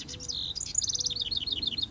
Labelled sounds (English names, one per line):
House Wren